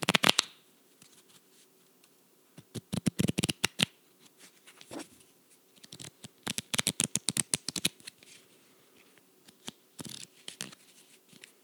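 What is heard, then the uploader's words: A deck of cards is handled, with sharp papery snaps and riffles arriving in quick bursts. Dense clusters come around three, six to eight, and ten seconds, separated by brief pauses and a faint low hum. Playing with a Deck of Cards.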